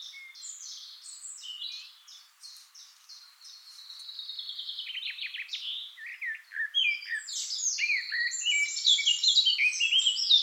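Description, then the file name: Eurasian blackcap song: a steady scratchy chatter of short notes, building into a louder, fuller warble of varied whistles toward the end. "Sylvia atricapilla"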